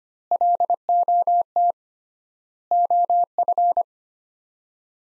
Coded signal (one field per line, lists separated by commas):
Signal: Morse code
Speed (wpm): 25 wpm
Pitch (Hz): 700 Hz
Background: none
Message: LOT OF